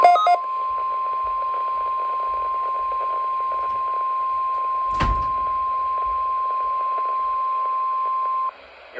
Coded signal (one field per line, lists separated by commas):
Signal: Emergency Alert System (SAME) tones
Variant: 1050 Hz attention tone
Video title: EAS 124: NWS Required Weekly Test for the week of September 20, 2021